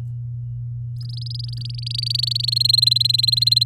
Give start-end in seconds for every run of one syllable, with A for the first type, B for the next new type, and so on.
0.96-2.50 A, 2.52-3.64 B